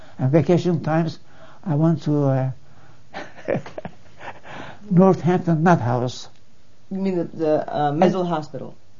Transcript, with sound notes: On vacation times I went to (laughs) Northampton nut house.
You mean the - the mental hospital?